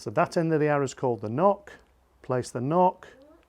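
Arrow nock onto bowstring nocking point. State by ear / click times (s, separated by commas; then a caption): not seated / none. A man talks while handling an arrow, describing its plastic nock, which pushes onto the bowstring at the nocking point marked by brass ferrules crimped onto the string. Only speech is heard, with a faint small tick near the very end. The nock has not yet clicked onto the bowstring.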